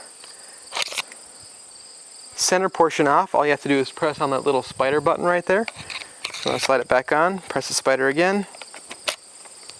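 Someone talks while handling the removable center portion of a tool's bit holder, pressing the small "spider" release button and sliding the center portion back onto the body. A steady, high, cricket-like whine runs underneath throughout, with a couple of brief sharp handling sounds near 0.8 s and 1.1 s. The part has not seated or clicked into place yet.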